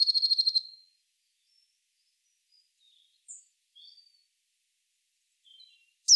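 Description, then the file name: Eurasian blue tit: a rapid pulsed churr at the start, then scattered soft high notes, and another harsh burst beginning at the very end. "Cyanistes caeruleus"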